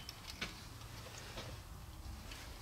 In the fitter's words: it's locked into place that the lower piston is set and ready to go now we can put on the upper